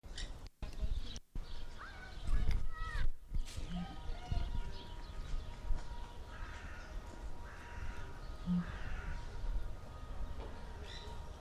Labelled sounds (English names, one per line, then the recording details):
Southern Ground Hornbill call
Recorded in captivity
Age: adult
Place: Zoo Berlin, Berlin, DE
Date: 1997-09-16 16:04
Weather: heiter - wolkig, ca. 23°C
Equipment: Sony MD-WM MZ-R3, Sennheiser ME 80, Kopie Uher 4000 Report Monitor
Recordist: Tembrock, Günter